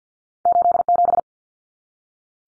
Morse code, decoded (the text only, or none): 87